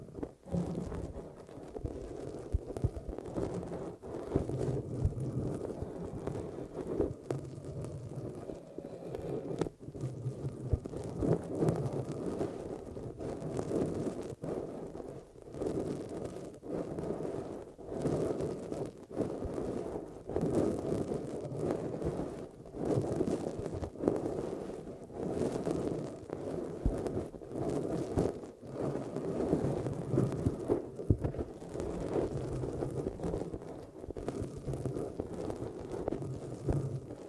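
An eardrum massage sound: a dense, muffled rubbing that fills the low and middle range for the whole 37 seconds, swelling and easing in short irregular waves. Frequent soft taps and crackles cut through it, with slightly sharper clicks around 10 and 31 seconds.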